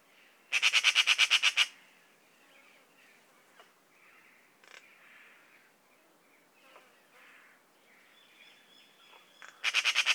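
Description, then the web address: Eurasian magpie giving two harsh, machine-like rattles, one at the start and one at the end, separated by several seconds of faint background sounds. "szarka hangja. szarka madar"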